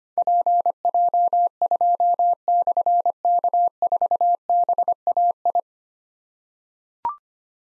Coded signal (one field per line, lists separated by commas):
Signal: Morse code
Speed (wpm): 25 wpm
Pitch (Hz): 700 Hz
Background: none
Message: PJ2/K4BAI